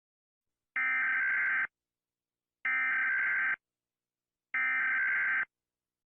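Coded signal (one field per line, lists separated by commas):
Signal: Emergency Alert System (SAME) tones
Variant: header bursts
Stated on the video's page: Fictional EAS scenario, pure fiction, not a real alert.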